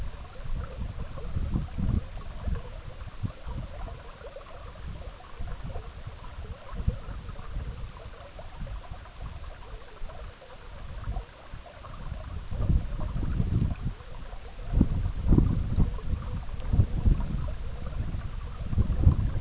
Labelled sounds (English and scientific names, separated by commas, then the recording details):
none
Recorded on Arctic tundra, site EABA-MC, on 17 June 2019
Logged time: 04:00